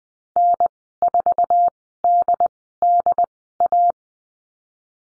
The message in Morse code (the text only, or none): N 4 D D A